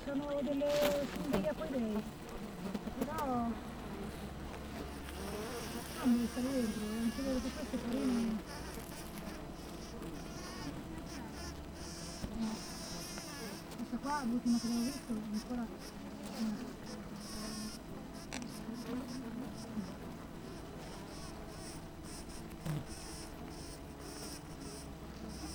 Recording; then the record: honeybee colony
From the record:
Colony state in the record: missing queen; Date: 14 July 2017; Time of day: 7:28